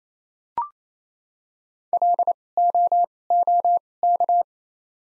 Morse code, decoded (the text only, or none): L O O K